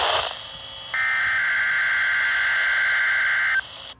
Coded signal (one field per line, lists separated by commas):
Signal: Emergency Alert System (SAME) tones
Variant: header bursts